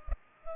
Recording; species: mosquito wingbeat signal from an infrared sensor; Culex pipiens